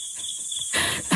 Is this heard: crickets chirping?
yes